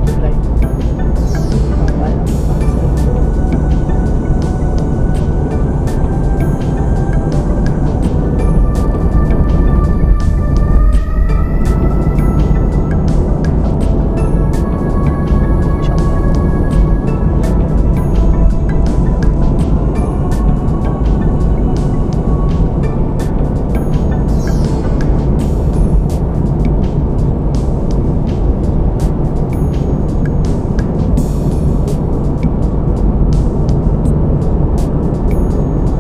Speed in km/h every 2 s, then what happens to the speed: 50, 55, 60, 63, 66, 66, 66, 64, 64, 61, 60, 60, 60, 60, 60, 61, 63, 64.
0-8 speeds up to 66. 8-36 steady at about 61.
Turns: 19-22.